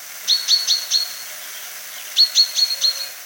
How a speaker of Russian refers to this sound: Я как раз из записи Николая Николаевича Гуртового узнал, что короткая позывка зяблика называется «пиньканье». Мне очень это понравилось. Она и звучит как пиньк. Да, она такая пиньк-пиньк-пиньк-пиньк.